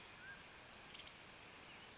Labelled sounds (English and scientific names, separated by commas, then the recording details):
Mountain Quail (Oreortyx pictus)
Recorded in Sonoma County, California